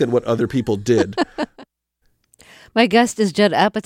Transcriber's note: soundbite of laughter